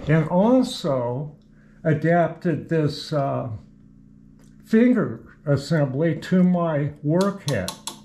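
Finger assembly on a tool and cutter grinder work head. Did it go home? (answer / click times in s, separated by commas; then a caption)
no / none. Someone talks while handling the tooth-rest finger assembly that has been adapted to the work head of a tool and cutter grinder, working its indexing finger detent toward its position. Nothing has seated or clicked into place yet.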